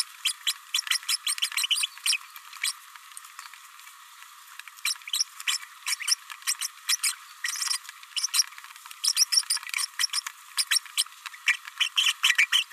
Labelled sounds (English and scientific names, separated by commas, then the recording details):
Green-rumped Parrotlet (Forpus passerinus) babbling
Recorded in a nest box in Venezuela
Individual 18B104A3